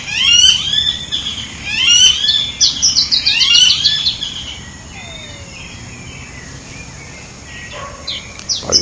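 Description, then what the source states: Blackish rail giving loud, harsh, squealing phrases, three bursts in the first four seconds, then fading to quieter calls and a steady high hiss. Recorded by A. Silveira at Jardim Botânico, Porto Alegre, Rio Grande do Sul, Brazil, on 19 October 2014.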